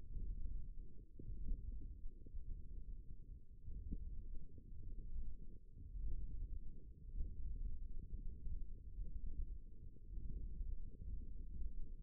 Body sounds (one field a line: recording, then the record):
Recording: forearm muscle sounds (acoustic myography)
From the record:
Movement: tripod grip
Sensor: system 1, eight BSWA MPA416 microphones around the upper forearm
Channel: 4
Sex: male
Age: 18 years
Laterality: right